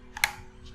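A DDR4 memory module that had not clicked into a motherboard DIMM slot is pressed down again. A faint tick at 0.2 s is followed by a sharp, bright click at 0.2 s (0.24 s) as the stick latches home, and it is now seated.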